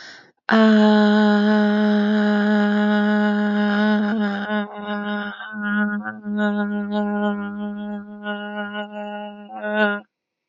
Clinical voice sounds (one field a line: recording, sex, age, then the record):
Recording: vowel held as long as possible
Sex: female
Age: 30 to 39 years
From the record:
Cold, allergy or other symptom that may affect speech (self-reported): no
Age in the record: 31 years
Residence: Pennsylvania, United States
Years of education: 12